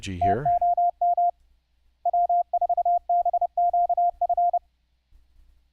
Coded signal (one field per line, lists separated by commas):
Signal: Morse code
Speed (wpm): 30 wpm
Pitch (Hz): 700 Hz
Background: speech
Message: TOM W4BQF